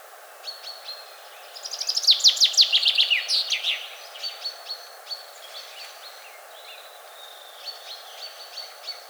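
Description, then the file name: Common chaffinch gives one loud, descending trilled song with a final flourish, surrounded by scattered faint high chirps. "Fringilla coelebs"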